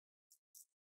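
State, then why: Released. On a Dell Inspiron 13 5310 laptop, a plastic guitar pick pushed into the seam near the USB connector is twisted to pry the plastic bottom cover off the palm rest. A sharp, bright click at 0.3 s marks the retaining clip popping loose, followed by two more short, crisp snaps around 0.6 s and at the very end. The bottom cover clip releases from the palm rest.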